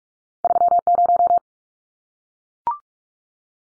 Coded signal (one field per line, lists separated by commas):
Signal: Morse code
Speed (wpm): 44 wpm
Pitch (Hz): 700 Hz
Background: none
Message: 30